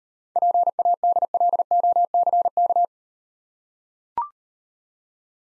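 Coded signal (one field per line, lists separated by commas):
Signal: Morse code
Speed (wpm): 38 wpm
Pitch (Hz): 700 Hz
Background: none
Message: PADLOCK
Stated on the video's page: Morse code copying practice with easy words at 30 wpm, using contextual hints.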